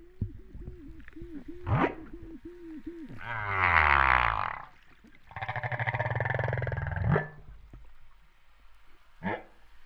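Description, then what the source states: Humpback whale song: a run of quick repeated low up-and-down notes, a harmonic wail, a long pulsed buzzy moan ending in an upsweep, and a brief chirp. Recorded off Réunion on 13 September 2011, about 08:35.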